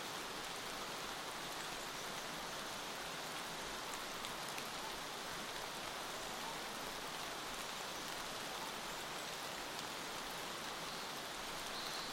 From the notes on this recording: water drops are tapping gently on the leaves and the forest floor